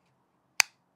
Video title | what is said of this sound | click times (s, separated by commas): Nikon Z 26mm f2.8. First look. Nikon Made A Pancake ! | clicks in nicely and it gives you a really nice kind of audible click | 0.6 s